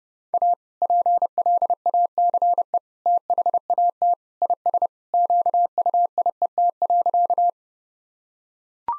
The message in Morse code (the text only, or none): A PLACE THAT IS QUIET.